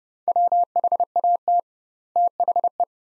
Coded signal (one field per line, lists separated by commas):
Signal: Morse code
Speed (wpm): 29 wpm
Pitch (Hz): 700 Hz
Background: none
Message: WHAT THE